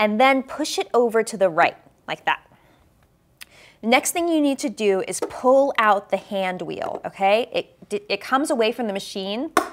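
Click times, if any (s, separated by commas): 3.4 s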